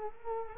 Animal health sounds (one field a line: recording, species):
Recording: mosquito wingbeat signal from an infrared sensor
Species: Culex quinquefasciatus